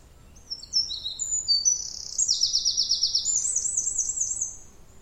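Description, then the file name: Eurasian wren song, an energetic burst of thin high notes leading into fast metallic trills, over quiet low background noise. "Troglodytes troglodytes"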